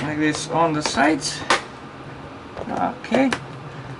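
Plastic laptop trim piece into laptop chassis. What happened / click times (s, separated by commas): The trim piece is handled but not yet clicked home / none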